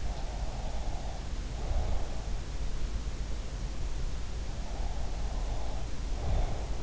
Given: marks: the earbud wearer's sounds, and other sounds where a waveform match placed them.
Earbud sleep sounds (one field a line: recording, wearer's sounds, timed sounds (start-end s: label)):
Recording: sounds in sleep by an in-ear microphone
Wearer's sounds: breath, snoring breath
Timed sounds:
0.05-2.21 s: breath
4.56-6.83 s: snoring breath